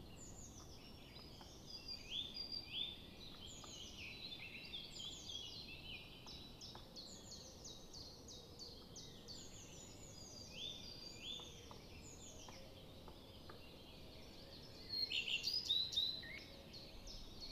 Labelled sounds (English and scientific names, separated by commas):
Common Redstart (Phoenicurus phoenicurus) song